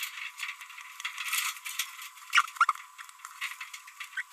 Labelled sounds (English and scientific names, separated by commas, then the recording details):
Green-rumped Parrotlet (Forpus passerinus) babbling
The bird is a female
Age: 27 days
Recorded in a nest box in Venezuela
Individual 17B42B3